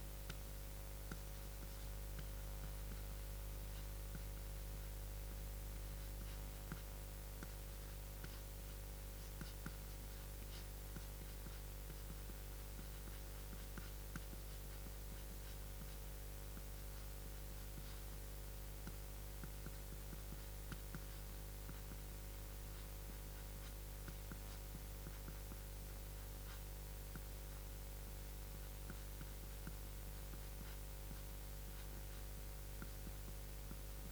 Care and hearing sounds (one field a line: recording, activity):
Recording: daily activity, guitar pickup as the sensor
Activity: write